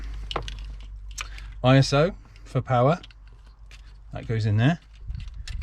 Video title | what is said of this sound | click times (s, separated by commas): fibre optics the jump to light speed i mean sound | little click click there we go make sure that none other plugs have forced out and everything is in line | 5.5 s, 5.6 s